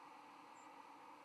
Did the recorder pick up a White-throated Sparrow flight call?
no